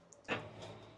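A swivel seat taken from an old Mercedes ambulance is being handled inside a school bus conversion, folded and turned on its swivel base toward its locking position. A small tick at 0.1 s is followed by a louder broadband rustle and scrape around 0.3 s that settles into a steady low rumble. Nothing has seated or clicked yet.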